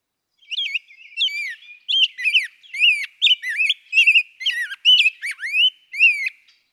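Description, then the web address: Rose-breasted Grosbeak giving a bright warbled song of sweet, rolling whistled notes, rising and falling in quick succession. "birdsongforthecurious songs Rose-breasted Grosbeak"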